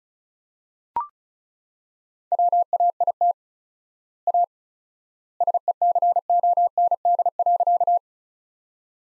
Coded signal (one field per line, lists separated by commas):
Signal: Morse code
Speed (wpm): 36 wpm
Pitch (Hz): 700 Hz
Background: none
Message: WAIT A SECOND.